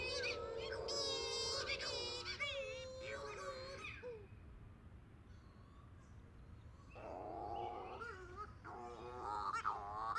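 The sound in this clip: Cape Verde shearwater calls: harmonic, nasal, wavering wails and cackles, a quieter pause midway, then more calling.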